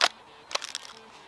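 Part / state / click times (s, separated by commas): composite magazine into airsoft rifle magazine well / not seated / none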